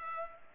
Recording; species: mosquito wingbeat signal from an infrared sensor; Culex pipiens